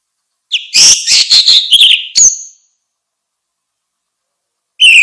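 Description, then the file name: Orange-headed thrush song: a dense, rapid burst of varied whistles and chirps lasting about two seconds, then silence before a new phrase begins. "suara kicau burung anis merah luar biasa"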